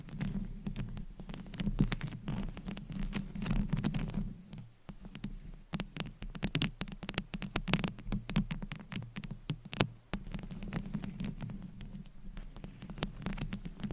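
Fingers scratch across a microphone in a dense, restless patter of crisp, rapid clicks and rasps over a low, rumbling rub. The scratching keeps a busy, uneven pace, dipping briefly just before the five-second mark and again near ten seconds before picking back up.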